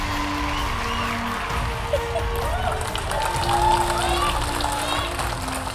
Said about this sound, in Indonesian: Tepuk tangan teman-teman.